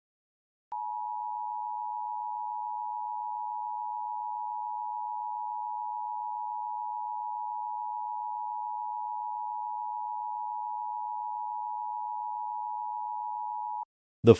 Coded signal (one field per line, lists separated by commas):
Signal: Emergency Alert System (SAME) tones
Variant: 853 and 960 Hz attention tone